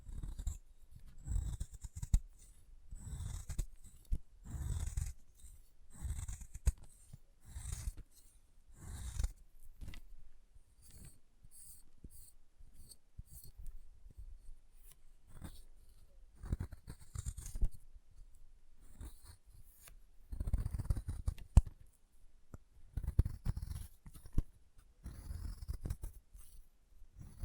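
Chalk being carved and cut, heard as repeated scraping strokes with a hissy top and dull low thuds underneath. The strokes come in irregular bursts, dense in the first seconds and again after about twenty seconds, thinning to sparse light scratches in between.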